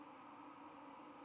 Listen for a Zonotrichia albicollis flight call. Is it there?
no